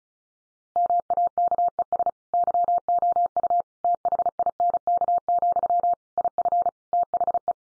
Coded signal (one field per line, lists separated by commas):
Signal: Morse code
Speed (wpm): 34 wpm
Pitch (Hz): 700 Hz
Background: none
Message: MAKES YOU THINK, IF THE